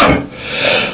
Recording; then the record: coughing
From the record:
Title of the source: Spring Cold Coughing 3